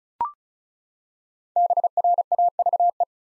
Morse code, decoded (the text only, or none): BRAVE